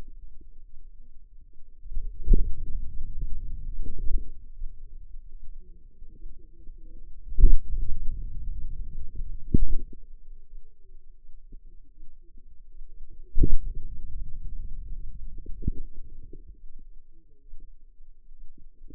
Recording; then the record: forearm muscle sounds (acoustic myography)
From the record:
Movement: hand closing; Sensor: system 2, bracelet of six BSWA MPA416 microphones around the upper forearm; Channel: 6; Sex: female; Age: 25 years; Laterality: right